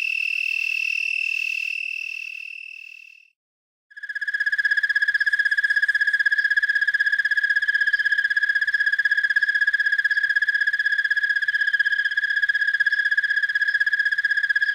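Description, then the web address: Broad-winged tree cricket singing a steady, pulsed trill that starts after a short pause and runs on without a break; a higher, shorter tone is heard at the beginning. "The Songs of Insects. Broad-winged Tree Cricket"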